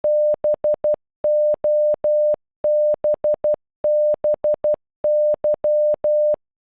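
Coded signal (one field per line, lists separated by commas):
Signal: Morse code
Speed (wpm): 12 wpm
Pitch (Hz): 600 Hz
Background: none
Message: BOBBY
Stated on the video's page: Morse code for the name, played at normal and half speed, made with an online Morse translator.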